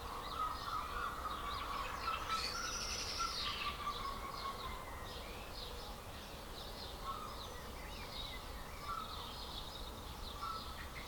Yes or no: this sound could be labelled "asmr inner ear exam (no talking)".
no